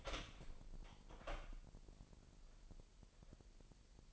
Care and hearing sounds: daily activity, microphone in the room; open door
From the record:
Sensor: 5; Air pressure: 1001.3 hPa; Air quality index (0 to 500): 249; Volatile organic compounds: 36 ppm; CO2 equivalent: 3075 ppm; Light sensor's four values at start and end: 37/84/34/32 and 36/84/34/32

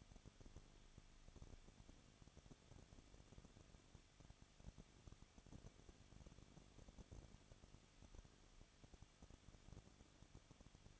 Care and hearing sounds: daily activity, microphone in the room; no activity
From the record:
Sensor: 4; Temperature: 23.0 degrees Celsius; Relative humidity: 34.3%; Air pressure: 1007.2 hPa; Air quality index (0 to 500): 218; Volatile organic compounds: 16 ppm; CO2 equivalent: 2523 ppm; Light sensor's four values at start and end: 2/3/1/1 and 2/3/1/1

